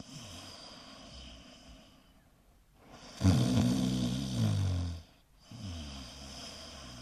Adult Snoring.